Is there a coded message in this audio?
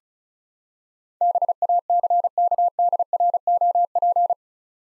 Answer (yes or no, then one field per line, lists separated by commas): yes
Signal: Morse code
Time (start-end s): 1.2-4.3 s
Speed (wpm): 34 wpm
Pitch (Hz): 700 Hz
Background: none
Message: BACKDROP